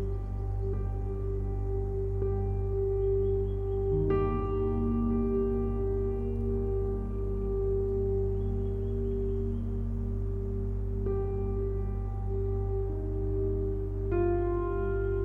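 Gentle piano music with long, ringing notes that hang and blend into a soft, steady chord over a deep low hum. New notes enter every few seconds, most clearly around 4, 11 and 14 seconds, shifting the harmony slightly while the overall level stays even.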